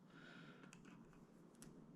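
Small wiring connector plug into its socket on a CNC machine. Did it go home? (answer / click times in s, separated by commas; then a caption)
no / none. A small plastic connector plug, the one on the left, is handled at its socket on the controller or motor wiring of an Onefinity Elite Foreman CNC machine, with two brief sharp ticks at about 0.7 and 1.6 seconds over a steady low hum. The plug has not gone home: nothing has seated or clicked in yet.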